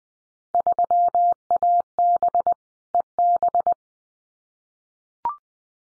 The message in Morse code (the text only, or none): 3AB EB